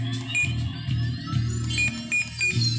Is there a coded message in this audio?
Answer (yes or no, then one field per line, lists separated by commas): no